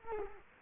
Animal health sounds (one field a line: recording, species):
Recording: mosquito wingbeat signal from an infrared sensor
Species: Culex quinquefasciatus